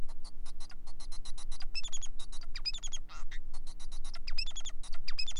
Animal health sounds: song of a male Bengalese finch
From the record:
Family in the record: son of father 4

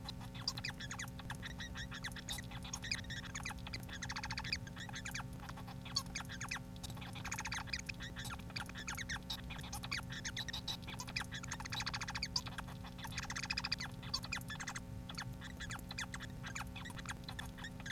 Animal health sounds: song of a male Bengalese finch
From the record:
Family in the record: son of father 4

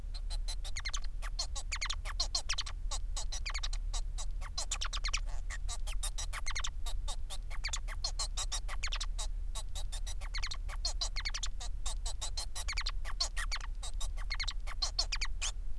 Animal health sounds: song of a male Bengalese finch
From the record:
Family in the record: son of father 4

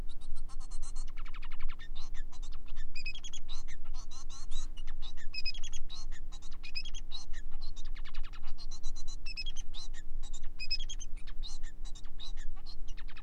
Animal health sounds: song of a male Bengalese finch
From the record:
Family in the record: son of father 4

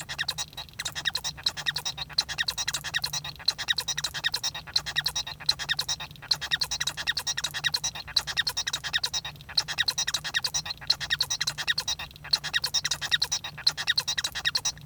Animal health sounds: song of a male Bengalese finch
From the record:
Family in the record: son of father 1

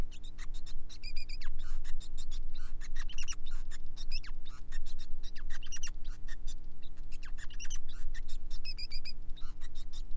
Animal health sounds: song of a male Bengalese finch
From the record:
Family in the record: son of father 5

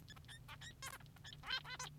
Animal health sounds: song of a male Bengalese finch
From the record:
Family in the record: son of father 3

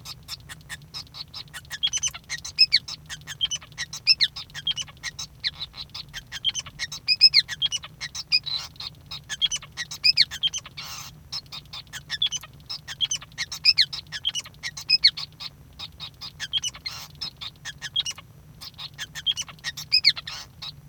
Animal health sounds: song of a male Bengalese finch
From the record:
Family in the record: son of father 5

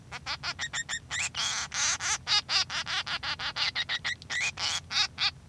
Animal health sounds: song of a male Bengalese finch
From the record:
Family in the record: son of father 3

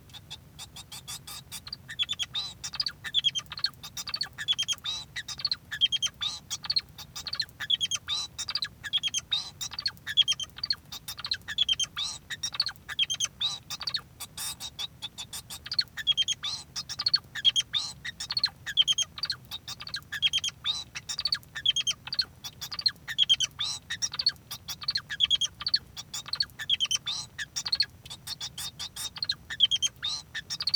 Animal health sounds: song of a male Bengalese finch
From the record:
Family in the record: son of father 2

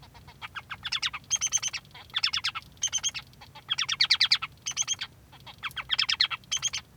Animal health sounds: song of a male Bengalese finch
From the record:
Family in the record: son of father 3

